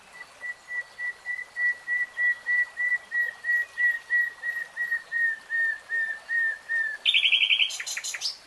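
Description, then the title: Nightingale song built on a long series of evenly repeated piping whistles, ending in a sudden fast buzzy trill and sharp high notes. Singing, recorded in real time; a three-hour recording. "[Tiếng chim hót] Nightingale Singing"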